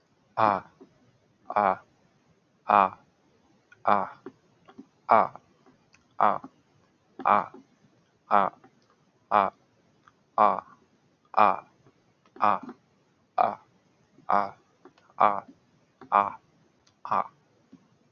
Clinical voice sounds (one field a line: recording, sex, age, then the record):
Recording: vowel held as long as possible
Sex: male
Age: 20 to 29 years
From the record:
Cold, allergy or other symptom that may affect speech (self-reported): no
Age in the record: 21 years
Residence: North Carolina, United States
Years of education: 13